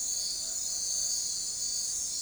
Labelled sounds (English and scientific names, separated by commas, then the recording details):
none
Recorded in forest near Pivijay, Magdalena, Colombia, on 6 June 2023 at 02:30
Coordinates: 10.467, -74.380
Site Z5-G034